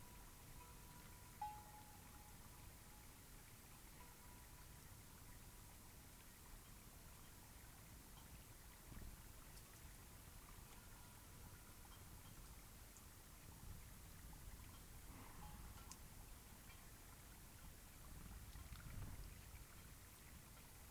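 Night air beside Taylor Lake under a cloudy sky: a steady, low rumbling wash with a soft hiss above it, something like light rain or dripping. Faint thin tones drift through now and then, and the rumble swells slightly around nine and nineteen seconds.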